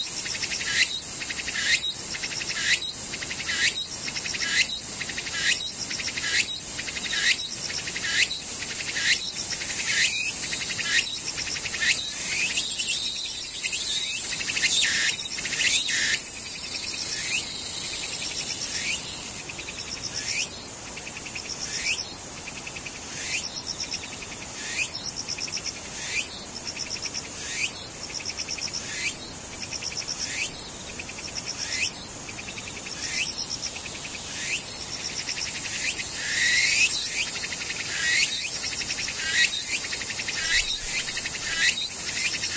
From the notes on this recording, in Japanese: セミムシ